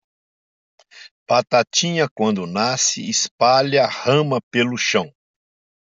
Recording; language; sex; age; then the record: short text; Brazilian Portuguese; male; 60 to 69 years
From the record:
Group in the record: control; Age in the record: 67 years